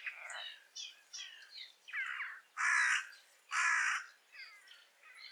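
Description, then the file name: Carrion crow with two loud harsh caws amid a run of softer, rattling and downslurred calls before and after. "Corvus corone"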